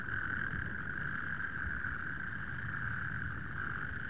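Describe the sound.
Natterjack toad chorus: many continuous churring trills blending into one unbroken drone, over low background rumble.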